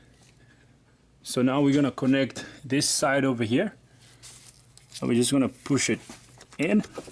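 Someone talks while a charge air cooler tube's quick-connect coupling is handled and pushed toward the intercooler outlet on a Mercedes Sprinter van. The coupling has not seated or clicked yet.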